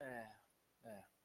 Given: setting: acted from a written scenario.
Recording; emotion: vocal sound without words; guilt